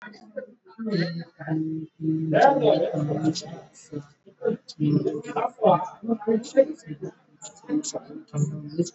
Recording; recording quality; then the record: counting at a normal pace; poor, much background noise or distortion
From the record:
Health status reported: exposed to COVID-19, no respiratory illness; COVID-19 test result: not tested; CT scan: not taken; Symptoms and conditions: none ticked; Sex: male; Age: 30 years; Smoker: no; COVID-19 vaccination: both doses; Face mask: worn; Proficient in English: yes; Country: India